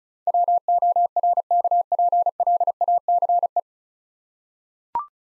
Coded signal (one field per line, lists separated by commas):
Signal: Morse code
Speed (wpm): 36 wpm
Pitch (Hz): 700 Hz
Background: none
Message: WORKPLACE